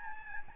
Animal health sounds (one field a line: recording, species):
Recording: mosquito wingbeat signal from an infrared sensor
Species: Aedes albopictus